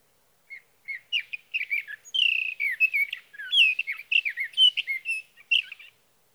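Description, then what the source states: Sage thrasher song beginning with scattered notes, then building into a fast, continuous warble of whistles and trills. Male singing through the night near his night roost, evening June 12 to morning June 15, 2018, Sierra Valley, California; recorded on a Swift recorder.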